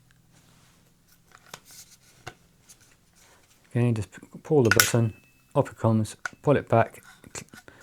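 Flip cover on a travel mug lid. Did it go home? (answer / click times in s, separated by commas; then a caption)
yes / 7.7 s. Someone talks while pulling the button on the lid of a crystallized titanium insulated travel coffee mug and pulling the flip-up straw/sip cover back, with a few faint taps and clicks along the way. The cover locks in place with a slight click at 7.7 s, so it won't fall while drinking.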